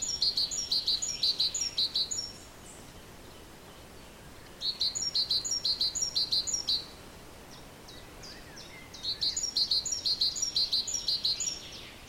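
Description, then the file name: Great tit song: bright two-note phrases, high then lower, repeated rapidly in three bursts of two to three seconds, separated by pauses of roughly two seconds, with soft background hiss. "Parus major"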